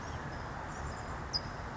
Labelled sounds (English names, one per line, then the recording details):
California Towhee
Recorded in Sonoma County, California